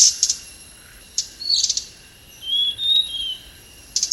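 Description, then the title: Hanging parrot calls: short, high, sharp chirp bursts in clusters with a few thin whistled notes between, over a steady high hum. "SERINDIT"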